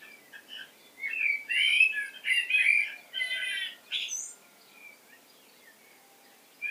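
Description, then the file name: Common blackbird delivering a continuous mellow warble for about three seconds, closing with a sharp high squeak, followed by near silence. "Turdus merula"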